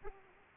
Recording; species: mosquito wingbeat signal from an infrared sensor; Aedes aegypti